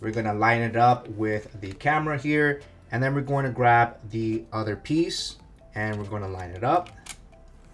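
Someone talks while lining up the hard plastic shell of a black OtterBox Defender Series Pro case around an iPhone 16 Pro, first at the camera and then with the matching shell piece. The shell tabs have not snapped in yet, and nothing has seated or clicked by the end.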